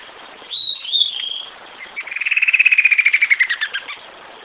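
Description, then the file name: Bird song: two high whistled notes, the first rising and slurred, then a rapid buzzy trill that slowly falls in pitch and fades, over a faint hiss. "SABIOD 50 bird 2015"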